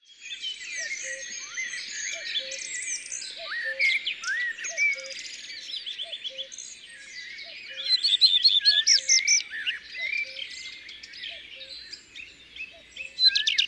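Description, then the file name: Common redstart song: varied high twittering phrases with whistles, trills and scratchy notes, rising to louder bursts near the middle and end; a faint note repeats underneath throughout. "Rougequeue a front blanc ABC des chants doiseaux"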